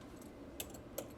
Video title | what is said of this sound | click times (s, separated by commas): How to replace iPhone 11 Pro charging port - walkthrough | you could hear it snap | 0.6 s, 1.0 s